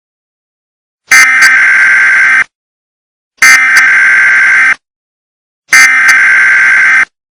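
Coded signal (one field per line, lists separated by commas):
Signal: Emergency Alert System (SAME) tones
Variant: header bursts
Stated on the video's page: Fictional EAS scenario.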